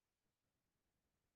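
Hot glass canning jars with metal lids cool in an opened pressure canner while the vacuum begins to pull the lids down. Only a quiet, steady low hiss is heard, with no sharp sound. No lid has sealed or popped yet.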